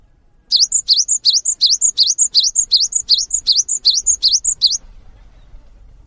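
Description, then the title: Cinereous tit singing a brisk, regular series of about twelve high whistled phrases, each a rising note ending in a sharper higher one, then faint background noise. Singing actively (gacor); its long chirping calls (wucit) stir other birds of its kind to start calling along. "GELATIK BATU GACOR WUCIT PANJANGNYA BIKIN GELATIK LAIN JADI TERPANCING UNTUK IKUT BUNYI"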